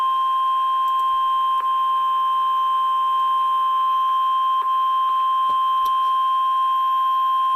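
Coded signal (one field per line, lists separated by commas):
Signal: Emergency Alert System (SAME) tones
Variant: 1050 Hz attention tone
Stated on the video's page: Tornado warning alert issued by NWS Tulsa.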